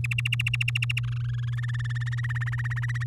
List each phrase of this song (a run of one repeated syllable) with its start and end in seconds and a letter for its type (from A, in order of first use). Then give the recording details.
0.04-1.00 A, 1.03-1.55 B, 1.57-3.04 C. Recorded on 10 May 2018 at 05:31. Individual llb16